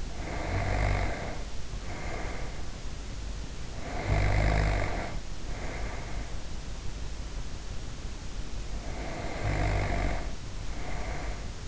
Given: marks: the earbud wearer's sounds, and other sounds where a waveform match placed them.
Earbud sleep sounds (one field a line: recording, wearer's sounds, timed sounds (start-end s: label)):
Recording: sounds in sleep by an in-ear microphone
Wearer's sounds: snoring breath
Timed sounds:
0.00-2.95 s: snoring breath
3.56-6.62 s: snoring breath
8.63-11.68 s: snoring breath